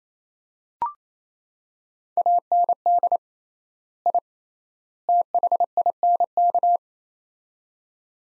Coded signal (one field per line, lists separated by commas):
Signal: Morse code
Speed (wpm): 28 wpm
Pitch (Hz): 700 Hz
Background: none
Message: AND I THINK